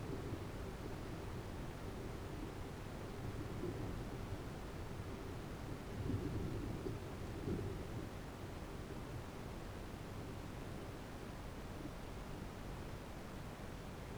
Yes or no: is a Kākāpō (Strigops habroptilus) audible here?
no